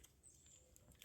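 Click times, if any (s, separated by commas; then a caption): none. A plastic wiring plug is being handled at the back of a 2-DIN car radio in a Citroën C3, with quiet rustling and soft scraping sounds and a slightly louder burst of handling noise near the end. Nothing has seated or clicked yet.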